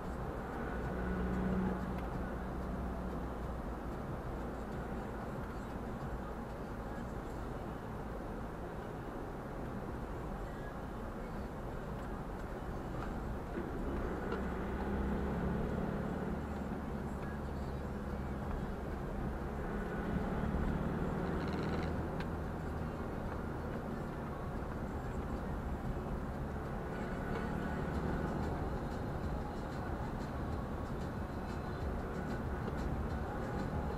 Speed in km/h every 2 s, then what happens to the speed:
63, 62, 60, 58, 55, 53, 51, 52, 52, 51, 57, 57, 55, 55, 56, 55, 55.
0-12 slows to 51. 12-18 steady at about 51. 18-20 speeds up to 57. 20-34 steady at about 55.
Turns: none.